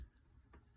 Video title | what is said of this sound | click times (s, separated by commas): 1907 Waltham Monarch Nickel cased Vintage watch | You can hear the click when you push it in. | 0.5 s